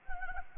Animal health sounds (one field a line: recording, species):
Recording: mosquito wingbeat signal from an infrared sensor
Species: Anopheles gambiae